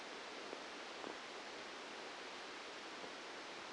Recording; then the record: brain microelectrode recording played as sound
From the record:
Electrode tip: outside the subthalamic nucleus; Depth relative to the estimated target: 4 mm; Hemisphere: left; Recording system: NeuroSet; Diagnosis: Parkinson's disease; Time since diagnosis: 13 years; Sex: male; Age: 63 years